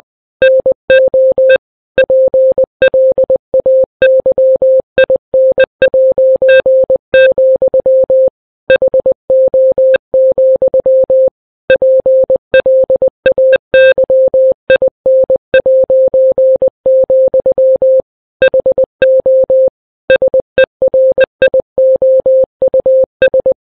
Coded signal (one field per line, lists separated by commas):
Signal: Morse code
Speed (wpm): 20 wpm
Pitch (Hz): 520 Hz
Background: none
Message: NO PLAYIN', HO, PLAYIN', HO SERIOUS